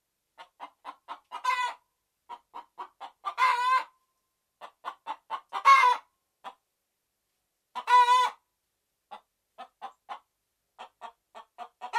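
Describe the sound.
Red junglefowl giving series of short clucks, each ending in a loud harsh squawk, then a last stretch of clucks with no squawk.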